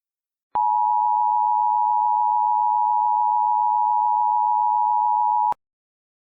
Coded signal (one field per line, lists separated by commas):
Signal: Emergency Alert System (SAME) tones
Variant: 853 and 960 Hz attention tone